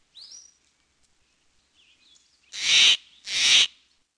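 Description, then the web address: Steller's Jay giving two loud, harsh, rasping calls in quick succession, preceded by a faint rising whistled note. "Peterson North American Birds"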